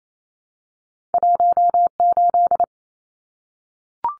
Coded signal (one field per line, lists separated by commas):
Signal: Morse code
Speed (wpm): 28 wpm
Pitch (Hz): 700 Hz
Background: none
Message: 18